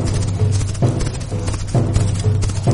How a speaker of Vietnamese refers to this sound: Mặt đất chấn động, tiếng vó ngựa dày đặc như nện vào lòng người. Chỉ thấy dưới tường thành bắc, dòng kỵ binh liên miên từ phương bắc đang chạy như bay đến.